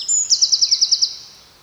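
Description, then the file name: Eurasian wren giving a short, high trill: a brief thin note followed by eight evenly spaced ticking pulses over under a second, then silence. "Troglodytes troglodytes"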